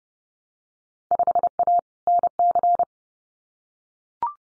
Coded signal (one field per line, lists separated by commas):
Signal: Morse code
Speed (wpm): 31 wpm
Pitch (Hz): 700 Hz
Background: none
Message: 5A NC